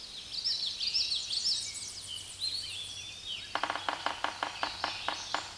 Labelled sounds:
Common Yellowthroat song

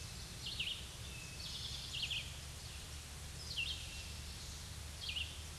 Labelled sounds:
Red-eyed Vireo song

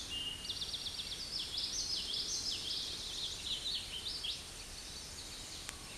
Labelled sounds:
Common Yellowthroat song

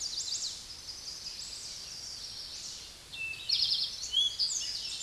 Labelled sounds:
Eastern Towhee song

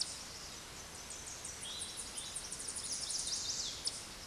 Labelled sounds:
Tennessee Warbler song

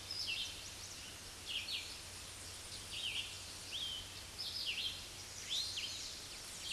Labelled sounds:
Red-eyed Vireo song

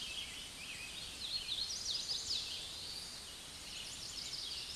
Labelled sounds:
Hooded Warbler song

